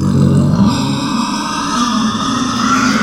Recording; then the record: squeal of a Yucatan mini pig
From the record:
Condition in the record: after surgery on the right vocal fold (resection and tissue-engineered implant); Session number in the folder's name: 14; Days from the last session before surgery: 133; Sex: female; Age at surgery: 19 weeks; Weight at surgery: 25 kg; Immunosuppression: prednisolone